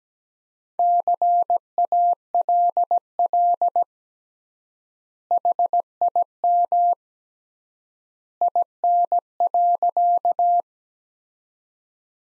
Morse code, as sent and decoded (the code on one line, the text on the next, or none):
-.-. .- .-.. .-.. / .... .. -- / .. -. .-.-.-
CALL HIM IN.